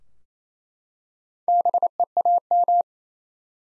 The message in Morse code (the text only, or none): BEAM